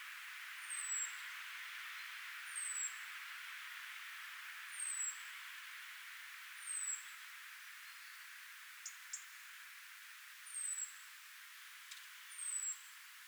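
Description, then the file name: European robin repeating a high, thin, falling whistle roughly every two seconds, with a couple of sharp ticks in the later part. "Erithacus rubecula"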